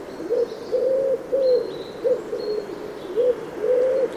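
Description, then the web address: Bird producing about seven low, hollow notes, some slurred and drawn out, others short, with thin high whistles faintly heard. "Bird Only"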